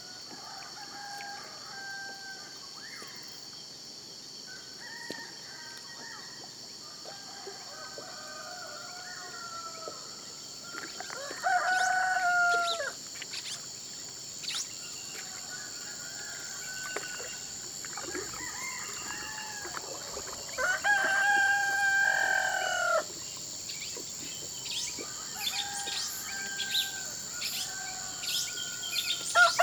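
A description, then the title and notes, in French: Roosters crow repeatedly at dawn, the loudest calls near twelve and twenty-two seconds, over a steady high insect drone and other birds. Le réveil du village. Les coqs ont leur heure de gloire à l’aube. Les habitants de Tauary, petit village au coeur de la forêt amazonienne, nous emmènent écouter les sons de leur quotidien tout au long d’une journée.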